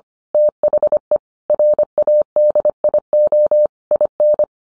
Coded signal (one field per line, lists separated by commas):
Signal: Morse code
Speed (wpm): 25 wpm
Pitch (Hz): 600 Hz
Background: none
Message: THE RADIO IN